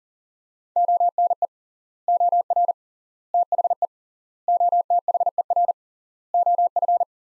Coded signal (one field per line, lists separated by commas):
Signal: Morse code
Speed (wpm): 40 wpm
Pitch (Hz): 700 Hz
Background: none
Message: ONE OR THE OTHER OF